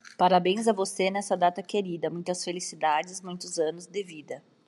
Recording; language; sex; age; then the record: short text; Brazilian Portuguese; female; 30 to 39 years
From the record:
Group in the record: control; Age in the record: 38 years